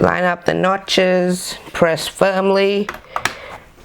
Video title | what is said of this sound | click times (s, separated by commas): Dell OptiPlex 790 DESKTOP UPGRADE!! | you hear the clicks and there now we're going to install the ssd | 3.2 s